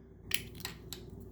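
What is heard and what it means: A plastic body shell is wiggled loose from the chassis of a Rokuhan Z scale Shorty Kodama Shinkansen train car, releasing with a sharp little click at 0.3 s. Fainter ticks follow around 0.7 s and 0.9 s, and the chassis comes free of the shell.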